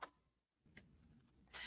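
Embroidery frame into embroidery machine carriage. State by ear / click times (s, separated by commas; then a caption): seated / 0.8 s. An embroidery hoop frame holding a t-shirt is attached to the embroidery machine's carriage, and a single sharp click is heard at 0.8 s as the frame seats onto the machine. Before the click there is a brief rustle and a quiet gap, and a louder broadband handling sound follows near the end.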